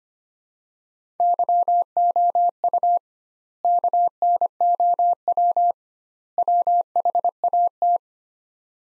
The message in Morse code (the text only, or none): YOU KNOW WHAT